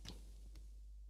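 A screw holding the camera support bracket on a teleprompter rig, a support meant for large cameras, is being tightened. Two short ticks sound at 0.1 s and 0.6 s over a quiet background. The screw strips.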